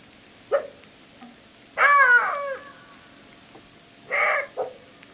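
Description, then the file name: Jackal sounds: one sharp yelp, a falling harmonic wail, then a rougher cry and a final short yip. "zvuki shakala"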